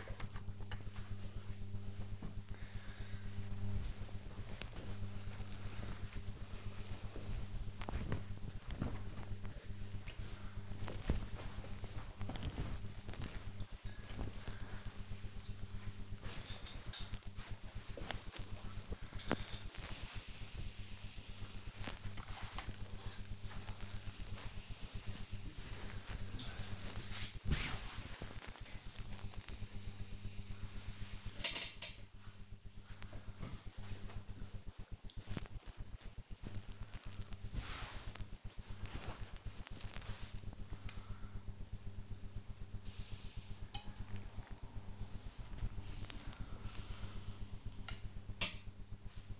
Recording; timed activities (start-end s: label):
household activities, microphone on the right wrist
8.67-49.39 s: ironing laundry